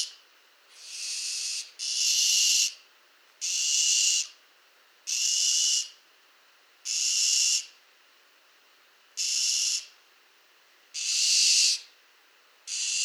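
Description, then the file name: Barn owl screeches: harsh, hissing bursts under a second long, repeated every couple of seconds, with quiet gaps between. France, 16 October 2005, 04:30. "Effraie-des-clochers 20051016 0430 F-Française"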